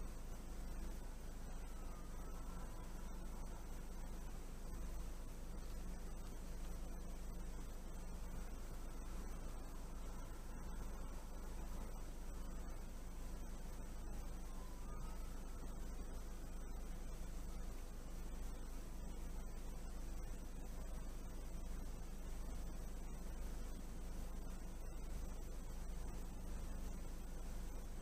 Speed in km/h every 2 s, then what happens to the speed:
0, 0, 0, 0, 0, 0, 0, 0, 0, 0, 0, 0, 0, 0.
0-28 standing.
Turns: none.